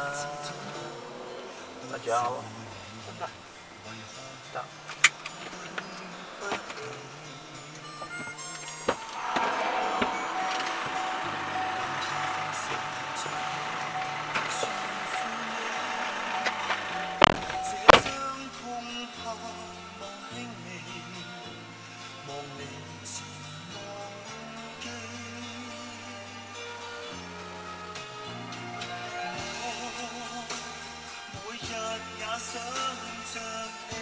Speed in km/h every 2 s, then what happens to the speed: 0, 0, 0, 0, 0, 0, 0, 0, 0, 0, 0, 0, 0, 0, 0, 0, 0.
0-34 standing.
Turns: none.